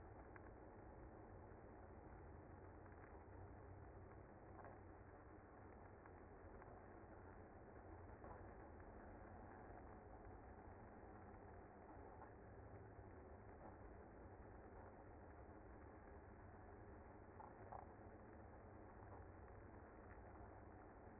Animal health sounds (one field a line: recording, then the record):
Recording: honeybee colony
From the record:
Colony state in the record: active